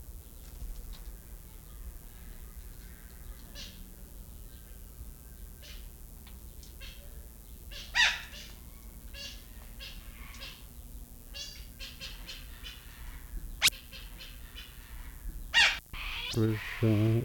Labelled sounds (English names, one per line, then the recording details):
Long-billed Corella call
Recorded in captivity
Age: adult
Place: Zoo Berlin, Berlin, DE
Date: 1994-08-06 11:14
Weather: wolkig bis heiter, 20-27°C
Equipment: Marantz CP 430, Sennheiser ME 80, Kopie Uher Variocord 263
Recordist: Tembrock, Günter